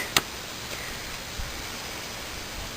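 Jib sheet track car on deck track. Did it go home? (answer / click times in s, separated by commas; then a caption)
yes / 0.2 s. A jib sheet track car on an adjustable deck track on a sailboat locks into place with a single sharp click at 0.2 s. Steady broadband background noise follows, with a faint low thump around 1.4 s, and the car stays seated.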